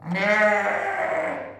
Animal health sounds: contact call of a hoofed animal; sheep; low-frequency (closed-mouth) or high-frequency (open-mouth) call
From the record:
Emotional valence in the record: negative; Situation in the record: short social isolation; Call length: 1.60 s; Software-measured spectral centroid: 1730 Hz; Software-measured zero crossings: 2060 a second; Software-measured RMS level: -23 dBFS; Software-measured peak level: -8 dBFS

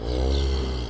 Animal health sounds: contact call of a hoofed animal; cattle; low-frequency (closed-mouth) or high-frequency (open-mouth) call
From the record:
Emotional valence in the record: negative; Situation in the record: physical separation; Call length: 0.90 s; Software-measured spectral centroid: 2730 Hz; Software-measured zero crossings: 1110 a second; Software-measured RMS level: -24 dBFS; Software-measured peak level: -13 dBFS

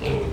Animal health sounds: contact call of a hoofed animal; pig; closed-mouth grunt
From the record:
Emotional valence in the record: positive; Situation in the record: food and toys in familiar pen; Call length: 0.33 s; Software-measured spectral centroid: 1860 Hz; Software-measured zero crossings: 1120 a second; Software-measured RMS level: -24 dBFS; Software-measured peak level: -13 dBFS

